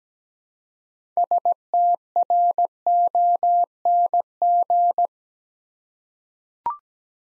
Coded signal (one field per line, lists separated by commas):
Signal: Morse code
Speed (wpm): 17 wpm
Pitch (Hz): 700 Hz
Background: none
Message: STRONG